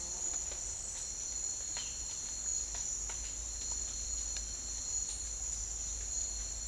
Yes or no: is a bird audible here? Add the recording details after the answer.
no. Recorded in secondary vegetation near Puerto Asís, Putumayo, Colombia, on 19 March 2025 at 08:00. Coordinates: 0.499, -76.323. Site G094